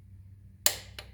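A click-type torque wrench set to 88 inch-pounds is run down on an oil pan bolt of a 1985 Mercedes 300TD diesel wagon. Over a low steady hum, one sharp click at 0.7 s marks the setting, followed by a fainter tick near 1.0 s. The wrench clicks at its setting with the bolt barely even snug.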